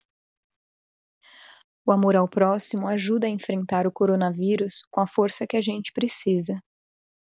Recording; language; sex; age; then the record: spoken sentence; Brazilian Portuguese; female; 30 to 39 years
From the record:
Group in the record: control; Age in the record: 32 years